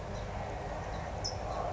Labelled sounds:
California Towhee (Melozone crissalis)

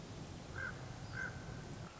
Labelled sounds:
Common Raven (Corvus corax)

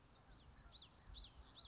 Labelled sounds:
Common Yellowthroat (Geothlypis trichas)

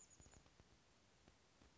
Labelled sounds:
Chestnut-backed Chickadee (Poecile rufescens)

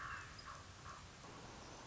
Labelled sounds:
Common Raven (Corvus corax)

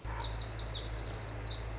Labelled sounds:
Pacific Wren (Troglodytes pacificus)

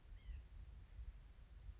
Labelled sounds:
White-breasted Nuthatch (Sitta carolinensis)

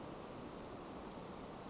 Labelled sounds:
Western Flycatcher (Empidonax difficilis)

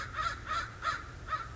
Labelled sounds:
American Crow (Corvus brachyrhynchos)

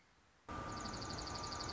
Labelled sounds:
Dark-eyed Junco (Junco hyemalis)

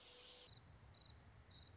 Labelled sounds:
Song Sparrow (Melospiza melodia)

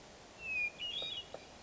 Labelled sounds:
Hermit Thrush (Catharus guttatus)

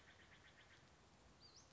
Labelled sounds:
Western Flycatcher (Empidonax difficilis)

